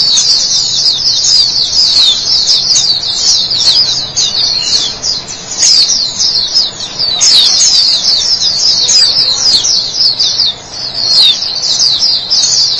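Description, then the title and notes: White-eye song: long, dense bursts of high, rapid chirping and slurred notes, broken by a couple of short quieter gaps. "Suara kicauan burung pleci"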